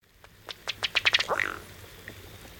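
Masked Duck calls: a quick series of several clicky, ticking notes building in loudness, ending in a short rising-falling squeal.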